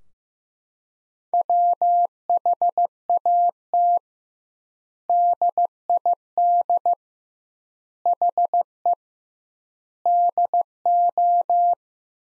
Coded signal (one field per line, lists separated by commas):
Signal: Morse code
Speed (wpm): 16 wpm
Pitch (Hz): 700 Hz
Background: none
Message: WHAT DID HE DO